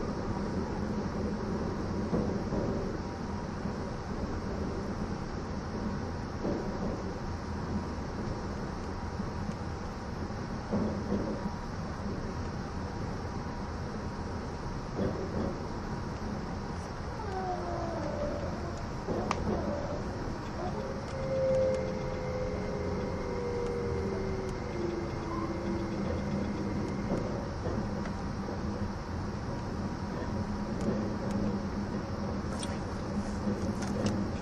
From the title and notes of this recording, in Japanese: E261系 S踊り子01号02 熱海～伊豆急下田。伊豆への新たなフラッグシップトレインとなる、E261系S踊り子01号を収録したものです。走行音。